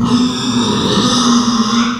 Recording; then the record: squeal of a Yucatan mini pig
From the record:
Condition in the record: after surgery on the right vocal fold (resection and tissue-engineered implant); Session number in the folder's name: 14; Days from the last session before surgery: 133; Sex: female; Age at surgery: 19 weeks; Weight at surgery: 25 kg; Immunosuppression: prednisolone